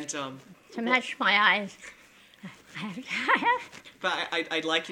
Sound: she laughs

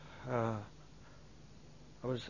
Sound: sighs

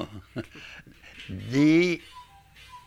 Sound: he laughs, cuckoo clock can be heard in the background

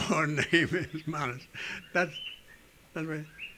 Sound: he laughs

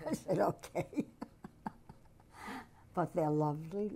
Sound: laughs

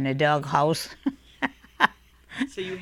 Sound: she laughs

